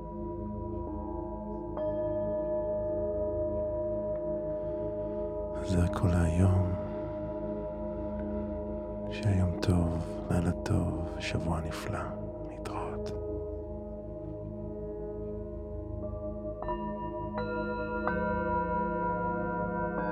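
Tibetan singing bowls ring with steady, layered tones that hum and waver throughout. A voice speaks briefly around the six-second mark and again between about nine and thirteen seconds. Near the end, new bowls are struck, adding brighter ringing notes.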